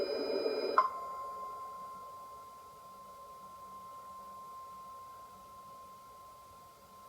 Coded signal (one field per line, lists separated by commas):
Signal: Emergency Alert System (SAME) tones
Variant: 1050 Hz attention tone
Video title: Tornado Emergency Broadcast System